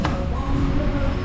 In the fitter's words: See, you heard them snap.